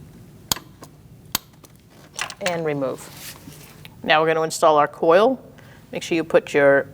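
A spark plug is tightened with a torque wrench set to 13 ft-lb into the aluminum cylinder head of a 2016-2019 Chevrolet Cruze 1.4L. Two loud, sharp clicks at 0.5 s and 1.4 s mark the wrench reaching its setting, followed by a few softer metallic taps. Someone then talks.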